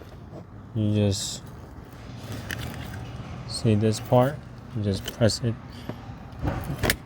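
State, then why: Seated. A Britax Highpoint booster seat's lower anchor connector is pushed onto the vehicle's anchor bar while someone talks. It latches with a sharp click at 6.8 and 6.9 seconds, seating the connector.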